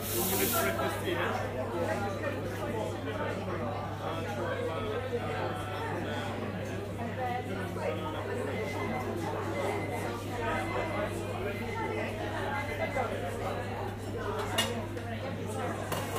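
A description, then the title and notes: Busy coffee shop ambience with a steady wash of overlapping conversation, many voices chattering at once without pause. A low constant hum runs underneath throughout, and a brief brighter clatter stands out near the start and again around fourteen seconds. I wanted to capture the atmosphere of a busy coffee shop, complete with the sounds of coffee making, and people chatting over a beverage. Binaural. Coffee Shop Ambience.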